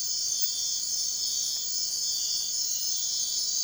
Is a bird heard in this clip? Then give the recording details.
no. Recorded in dense forest near Puerto Asís, Putumayo, Colombia, on 21 March 2025 at 03:30. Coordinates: 0.499, -76.324. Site GP03